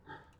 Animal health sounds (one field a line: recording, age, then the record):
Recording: pig call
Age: growing-finishing pig (85 days or more)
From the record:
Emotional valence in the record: positive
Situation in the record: run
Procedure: transit